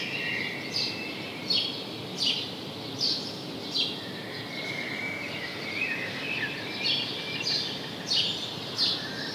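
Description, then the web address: House sparrow chirps, short bright notes repeated in an uneven series, over a steady hiss of background noise. "SETE data Passer domesticus"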